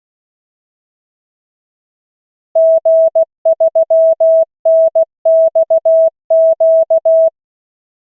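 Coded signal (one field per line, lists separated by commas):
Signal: Morse code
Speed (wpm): 16 wpm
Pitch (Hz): 650 Hz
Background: none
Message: G3NXQ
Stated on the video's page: Morse callsign practice drill at 16 WPM from an online CW trainer.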